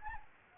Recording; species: mosquito wingbeat signal from an infrared sensor; Anopheles gambiae